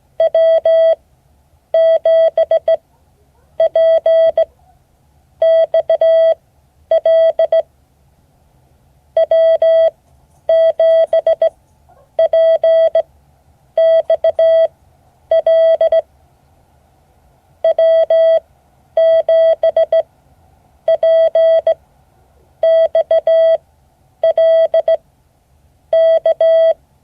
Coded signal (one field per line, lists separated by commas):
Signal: Morse code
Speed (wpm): 16 wpm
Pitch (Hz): 650 Hz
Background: none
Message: W7PXL W7PXL W7PXL K